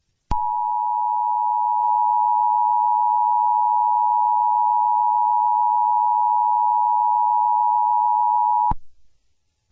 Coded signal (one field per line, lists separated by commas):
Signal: Emergency Alert System (SAME) tones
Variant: 853 and 960 Hz attention tone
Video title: EAS Scenario - Skin Walker Part Two